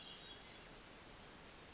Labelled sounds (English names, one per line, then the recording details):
Brown Creeper
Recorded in Sonoma County, California